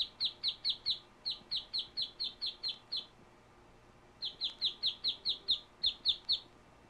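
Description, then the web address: Duck calls: two bouts of high, falling peeps in quick, even succession, split by a silent second, the later bout ending in a short trio. "утки"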